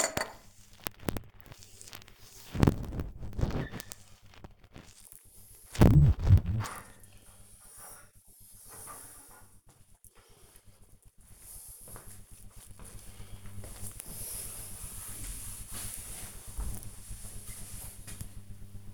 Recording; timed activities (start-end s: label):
household activities, microphone on the right wrist
0.00-14.01 s: cleaning the cupboard